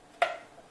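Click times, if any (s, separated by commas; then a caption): 0.2 s. A plastic collectible figure piece is pressed onto its peg on the figure or base, giving a single short, sharp tick at 0.2 s with a brief ring that fades over about a quarter second. The piece pops right in and is seated.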